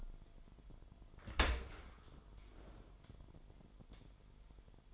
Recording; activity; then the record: daily activity, microphone in the room; open dishwasher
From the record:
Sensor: 5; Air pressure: 998.3 hPa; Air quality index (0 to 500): 85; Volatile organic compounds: 1 ppm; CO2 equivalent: 969 ppm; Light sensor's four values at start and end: 20/47/19/22 and 20/47/19/22